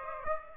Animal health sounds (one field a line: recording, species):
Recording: mosquito wingbeat signal from an infrared sensor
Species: Aedes aegypti